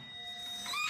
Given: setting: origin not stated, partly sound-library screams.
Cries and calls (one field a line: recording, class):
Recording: one-second piece from a danger detection set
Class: woman in danger